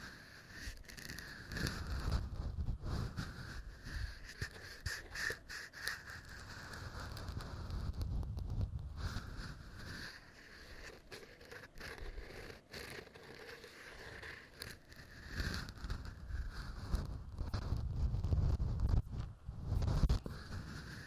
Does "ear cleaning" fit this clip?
yes